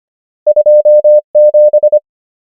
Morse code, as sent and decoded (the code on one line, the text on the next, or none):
..--- / --...
2 7